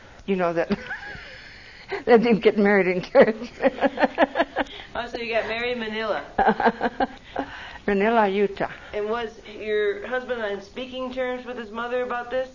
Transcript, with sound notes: You know that - (laughs) that didn't get married in church (laughs)
Oh so you got married in Manila?
(laughs) Manila, Utah.
And was your husband on speaking terms with his mother about this?